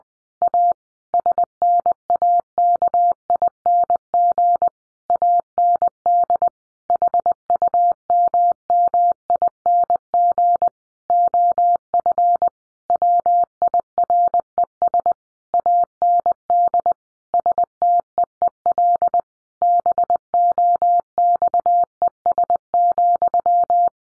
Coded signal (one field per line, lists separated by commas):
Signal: Morse code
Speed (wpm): 20 wpm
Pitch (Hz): 700 Hz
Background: none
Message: A SNAKING AND HUMMING OF WIRES AND STEEL BOXES,